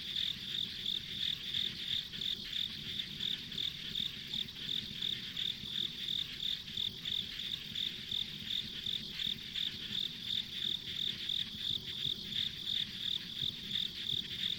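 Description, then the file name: Insect chirping, a steady high pulsed trill repeating about three times a second, with a dense background insect chorus and faint low rumble. Ambient insect sounds recorded along a rural country road. "田舎道の虫の環境音"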